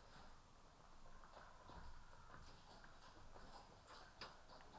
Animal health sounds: poultry house recording; healthy chickens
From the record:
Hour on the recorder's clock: 12

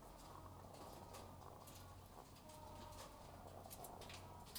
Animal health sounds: poultry house recording; sick chickens (respiratory disease)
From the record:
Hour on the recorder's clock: 12

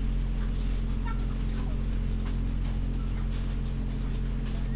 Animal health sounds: poultry house recording; sick chickens (respiratory disease)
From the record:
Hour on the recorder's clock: 23

